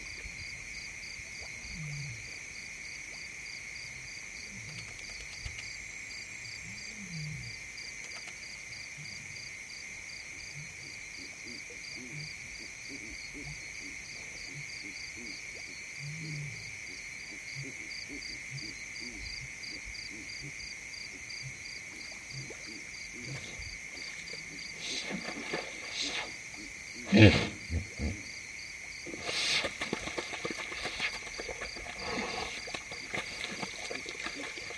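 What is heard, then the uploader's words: A thick insect chorus on the Serengeti-Mara savanna at night hums steadily throughout, with a shrill pulsing trill above a constant buzz. Soft low grunts surface now and then, and from about 25 seconds sharp knocks and splashy bursts break in, loudest near 27 seconds. Dusk in the Serengeti. Night falls in the Serengeti-Mara savanna. The deep calls of lions resonate through the plains while a hippo lazily moves in the water hole nearby. A thick insect chorus creates a constant background.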